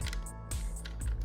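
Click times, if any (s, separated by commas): none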